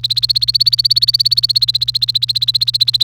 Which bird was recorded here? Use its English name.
Domestic Canary